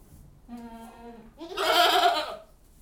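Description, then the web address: Goat bleats: a low steady bleat followed at once by a louder, harsh bleat. Goats recorded inside a goat house. "The BBC Sound Effects Library (Livestock # 1 ) Goat House"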